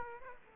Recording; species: mosquito wingbeat signal from an infrared sensor; Aedes aegypti